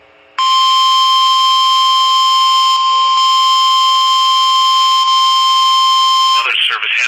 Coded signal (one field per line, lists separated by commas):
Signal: Emergency Alert System (SAME) tones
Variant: 1050 Hz attention tone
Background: speech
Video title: Severe Thunderstorms (EAS 139-145) 5/6/23-5/7/23